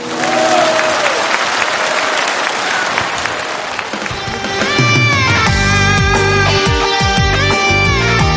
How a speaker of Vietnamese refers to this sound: Xin quý vị cho một tràng pháo tay thật lớn để chào đón ca sĩ